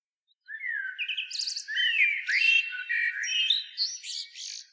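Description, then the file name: Common blackbird song phrase: a fluted low whistle opens, followed by rapid, scratchy high twitters and squeaky flourishes over about four seconds. "Turdus merula"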